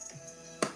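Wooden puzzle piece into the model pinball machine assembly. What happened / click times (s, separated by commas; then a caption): The small wooden piece snapped into place / 0.6 s. A wooden puzzle piece is pushed gently, without forcing, into a ROKR model pinball machine wooden puzzle assembly after several other pieces refused to snap in. Over a quiet background with steady tones, it snaps home with a sharp click at 0.6 s. The piece is seated.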